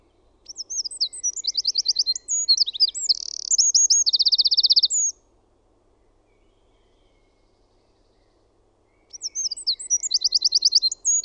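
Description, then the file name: Eurasian wren song, a rush of shrill warbled notes and rapid trills closing with a dry rattle, followed by silence and the start of another phrase. "PEUKALOINEN"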